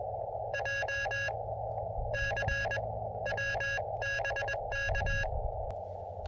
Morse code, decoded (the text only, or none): JCW BK